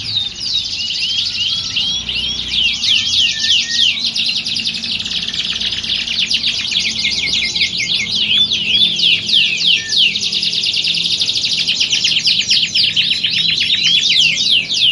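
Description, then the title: Canary song: long, unbroken stream of high rolling trills and quick slurred notes, busy and overlapping throughout, with a soft low hum behind. Belgian canary song played as a warm-up to get canaries singing, used to simulate a singing contest and train contest canaries' mental readiness. "Canto Para Esquentar Canário Belga. Simulasi Lomba Kenari. Suara Kenari Lomba. Melatih Mental Kenari Juara"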